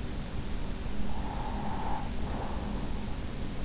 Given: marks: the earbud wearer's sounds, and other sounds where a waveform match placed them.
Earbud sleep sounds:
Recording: sounds in sleep by an in-ear microphone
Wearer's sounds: breath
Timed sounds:
0.89-3.01 s: breath

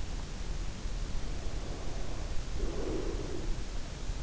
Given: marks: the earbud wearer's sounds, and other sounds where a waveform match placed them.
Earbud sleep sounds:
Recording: sounds in sleep by an in-ear microphone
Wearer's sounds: breath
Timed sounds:
1.36-3.59 s: breath

